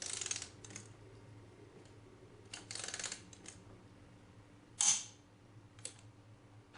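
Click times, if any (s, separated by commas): 4.8 s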